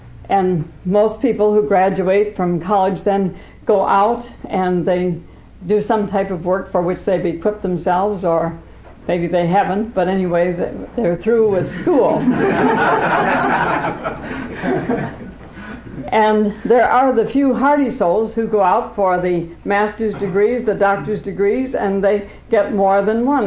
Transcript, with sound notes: and most people who graduate from college then go out and they do some type of work for which they’ve equipped themselves, or maybe they haven’t, but anyway, they’re through with school. [laughter in the congregation.] And there are the few hardy souls who go out for the Master’s degrees, the Doctor’s degrees, and they get more than one.